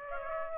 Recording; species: mosquito wingbeat signal from an infrared sensor; Aedes aegypti